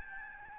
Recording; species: mosquito wingbeat signal from an infrared sensor; Aedes albopictus